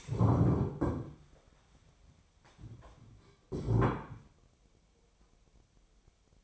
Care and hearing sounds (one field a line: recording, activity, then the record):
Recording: daily activity, microphone in the room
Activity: stand up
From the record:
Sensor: 1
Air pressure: 1015.2 hPa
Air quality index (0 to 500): 190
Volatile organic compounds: 19 ppm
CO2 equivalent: 2666 ppm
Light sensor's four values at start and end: 12/30/12/13 and 12/30/12/13